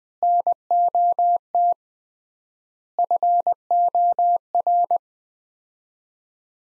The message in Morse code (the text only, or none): NOT FOR